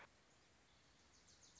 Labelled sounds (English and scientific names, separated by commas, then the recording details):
Wilson's Warbler (Cardellina pusilla)
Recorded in Sonoma County, California